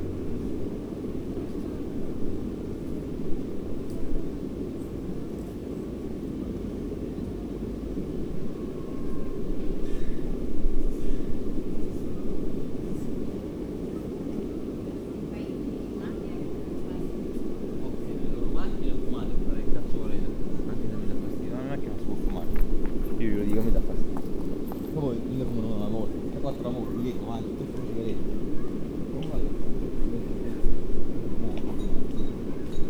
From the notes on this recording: Iris Park is located in the south-east area of Padua, in Zona Forcellini